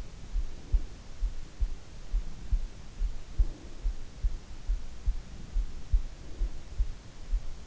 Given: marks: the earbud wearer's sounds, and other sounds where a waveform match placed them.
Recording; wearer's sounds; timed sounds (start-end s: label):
sounds in sleep by an in-ear microphone; breath
0.31-1.18 s: breath
3.21-4.10 s: breath
5.18-6.76 s: breath